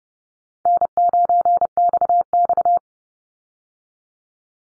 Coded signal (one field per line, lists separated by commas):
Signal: Morse code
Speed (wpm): 30 wpm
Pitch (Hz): 700 Hz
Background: none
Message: N9XX